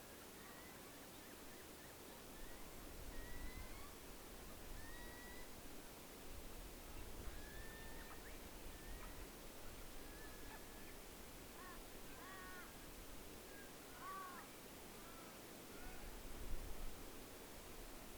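A night-time outdoor scene by the lakes, with a constant hiss of insects over a low rumbling bed. Short, thin chirps and whistles come and go every second or two throughout, with a slightly busier stretch near the end.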